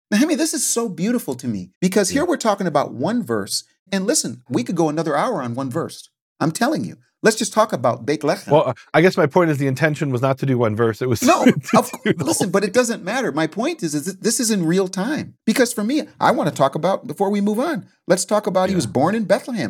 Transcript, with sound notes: Nehemia, this is so beautiful to me, because here we’re talking about one verse, and listen, we could go another hour on one verse, I’m telling you. Let’s just talk about Bethlehem.
Well, I guess my point is, the intention was not to do one verse. [laughing] It was to do the whole thing.
But it doesn’t matter. My point is that this is in real time, because for me, I want to talk about before we move on, let’s talk about he was born in Bethlehem.